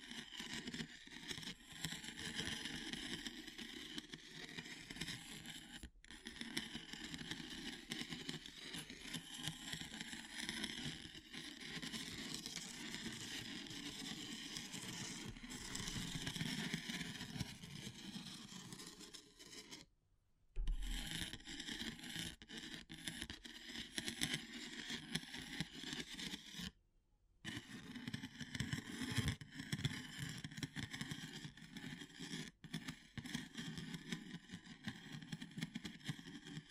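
Wood, bamboo and straw are worked in a dense, continuous rustling and scraping that fills the whole clip, rough and bright with a low rumbling undertone. Brief silent gaps cut in near 6, 20 and 27 seconds before the busy scratching resumes.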